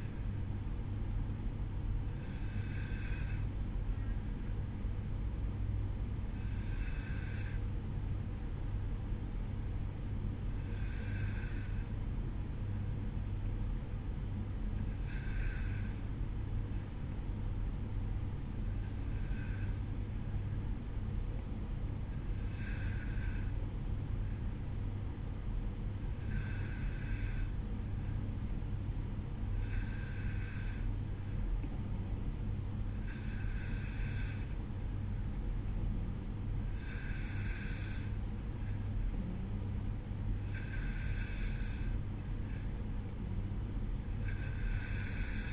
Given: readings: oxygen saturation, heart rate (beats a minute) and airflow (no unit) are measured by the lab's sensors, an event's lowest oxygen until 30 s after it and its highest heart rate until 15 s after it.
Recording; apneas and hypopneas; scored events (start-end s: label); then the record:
breathing in sleep by a smartphone at the bedside; 1
6.00-41.20 s: hypopnea (N2, oxygen 94% highest, then 92% lowest, heart rate 53 at the start, 55 highest)
From the record:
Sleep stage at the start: N2 (light sleep); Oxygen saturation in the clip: 93 to 94%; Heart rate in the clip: 52 to 55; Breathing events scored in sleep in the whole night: 305 in 9.6 hours asleep